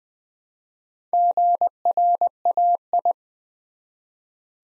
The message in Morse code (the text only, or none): GRAI